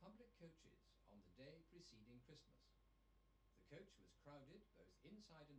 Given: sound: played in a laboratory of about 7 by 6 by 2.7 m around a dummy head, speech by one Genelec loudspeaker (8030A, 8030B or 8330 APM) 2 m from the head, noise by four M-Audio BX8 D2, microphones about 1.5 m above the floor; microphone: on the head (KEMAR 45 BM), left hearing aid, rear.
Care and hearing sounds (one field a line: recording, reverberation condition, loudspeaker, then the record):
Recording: male speech in English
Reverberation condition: low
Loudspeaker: 30 degrees to the right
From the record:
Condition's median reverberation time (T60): about 310 ms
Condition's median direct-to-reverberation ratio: about 3.5 dB